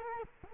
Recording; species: mosquito wingbeat signal from an infrared sensor; Culex quinquefasciatus